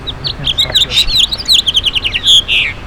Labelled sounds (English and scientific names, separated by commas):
House Finch (Haemorhous mexicanus) song